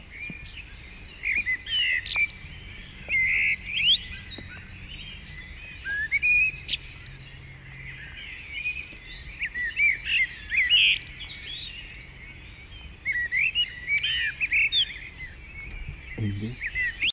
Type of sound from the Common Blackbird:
song